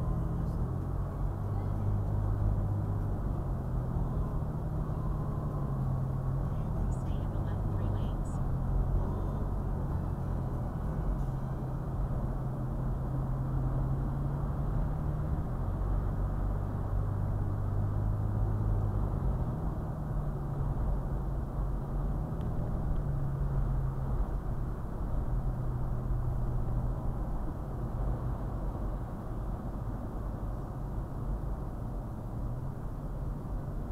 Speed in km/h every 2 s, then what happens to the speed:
68, 69, 69, 71, 72, 71, 68, 69, 72, 72, 72, 72, 69, 68, 66, 61, 60.
0-22 steady at about 71. 22-34 slows to 60.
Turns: none.